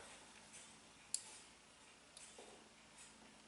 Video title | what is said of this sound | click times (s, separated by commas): making a new ratchet wheel click for a clock | It appears to be doing exactly that, locking itself in there. | 1.1 s